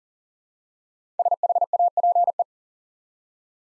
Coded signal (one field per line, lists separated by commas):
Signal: Morse code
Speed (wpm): 42 wpm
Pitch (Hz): 700 Hz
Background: none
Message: SHAPE